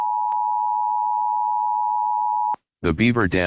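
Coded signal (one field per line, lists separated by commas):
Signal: Emergency Alert System (SAME) tones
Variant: 853 and 960 Hz attention tone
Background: speech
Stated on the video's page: Real, active Missouri child abduction emergency alert.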